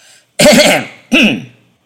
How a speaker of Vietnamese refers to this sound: Phong Trần Tứ Khách cố tạo ra vẻ trịnh trọng, chậm rãi ho khan lên một tiếng rồi mới cất lời.